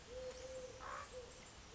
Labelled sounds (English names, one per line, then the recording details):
Eurasian Collared Dove
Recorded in Sonoma County, California